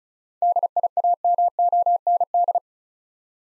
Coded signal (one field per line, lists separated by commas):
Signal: Morse code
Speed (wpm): 36 wpm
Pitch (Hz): 700 Hz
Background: none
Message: DIAMOND